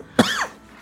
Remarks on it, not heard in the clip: The reason I have this cough. I got COVID. And COVID affects my COPD. And now my sinuses and my emphysema.